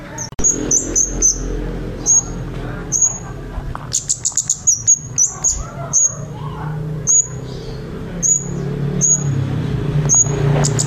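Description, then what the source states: Scarlet-headed flowerpecker calling with piercing, high, short tsit notes spaced irregularly, a brief cluster of fast clicks, and a constant low rumble behind. Recorded in Java; Indonesian name cabai jawa, also called cabean.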